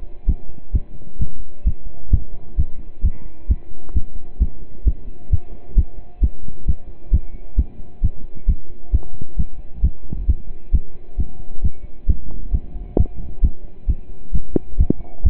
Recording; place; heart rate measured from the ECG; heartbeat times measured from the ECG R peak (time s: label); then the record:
heart sounds by stethoscope; between the tricuspid and mitral areas; 132 bpm
0.28 s: heartbeat
0.74 s: heartbeat
1.20 s: heartbeat
1.66 s: heartbeat
2.12 s: heartbeat
2.58 s: heartbeat
3.03 s: heartbeat
3.49 s: heartbeat
3.95 s: heartbeat
4.40 s: heartbeat
4.86 s: heartbeat
5.31 s: heartbeat
5.76 s: heartbeat
6.22 s: heartbeat
6.67 s: heartbeat
7.12 s: heartbeat
7.57 s: heartbeat
8.02 s: heartbeat
8.48 s: heartbeat
8.93 s: heartbeat
9.38 s: heartbeat
9.83 s: heartbeat
10.28 s: heartbeat
10.73 s: heartbeat
11.18 s: heartbeat
11.63 s: heartbeat
12.08 s: heartbeat
12.53 s: heartbeat
12.98 s: heartbeat
13.43 s: heartbeat
13.88 s: heartbeat
14.33 s: heartbeat
14.78 s: heartbeat
15.24 s: heartbeat
From the record:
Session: pedaling a stationary bicycle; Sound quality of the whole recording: partially saturated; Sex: male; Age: 27 years